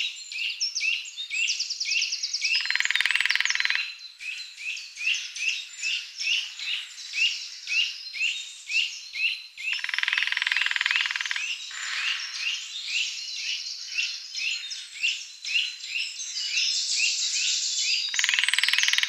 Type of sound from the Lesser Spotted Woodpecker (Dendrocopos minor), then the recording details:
drumming. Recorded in the wild. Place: Waltershofen / Freiburg im Breisgau, Baden-Württemberg, DE. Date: 2008-04-05. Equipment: MiniDisc Sharp MT 20 H. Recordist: Schwarz, Dieter. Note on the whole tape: Drumming